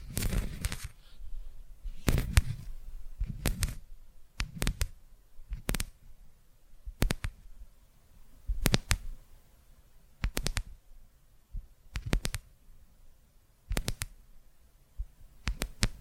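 Tapping comes in short clusters of sharp clicks, each group a quick double or triple tap, about every one to two seconds. The first few clusters carry a soft low thump beneath the crisp hits. Between groups there is near silence.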